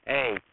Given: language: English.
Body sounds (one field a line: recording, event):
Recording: throat vibration sensor signal played as sound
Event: speech